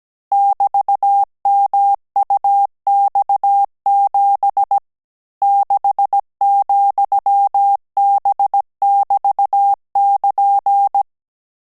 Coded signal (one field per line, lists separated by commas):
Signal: Morse code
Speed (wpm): 17 wpm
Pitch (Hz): 800 Hz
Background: none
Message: <BT>MUX7 6,B<BT><KN>